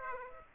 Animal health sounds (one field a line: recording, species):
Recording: mosquito wingbeat signal from an infrared sensor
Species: Aedes aegypti